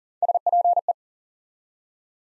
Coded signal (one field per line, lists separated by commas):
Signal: Morse code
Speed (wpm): 40 wpm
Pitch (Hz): 700 Hz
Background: none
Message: SPE